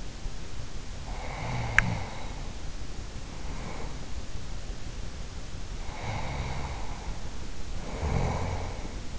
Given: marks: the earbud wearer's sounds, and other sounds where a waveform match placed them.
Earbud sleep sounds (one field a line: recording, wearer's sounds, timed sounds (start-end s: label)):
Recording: sounds in sleep by an in-ear microphone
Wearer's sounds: breath, teeth grinding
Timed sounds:
0.92-4.40 s: breath
1.65-2.01 s: teeth grinding
5.71-9.18 s: breath